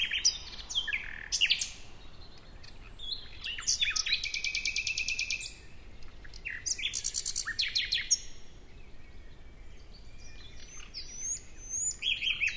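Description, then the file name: Common nightingale song: loud whip-like notes, then fast repeated rattling trills and brief pauses between varied phrases, over low background hiss. "Luscinia megarhynchos"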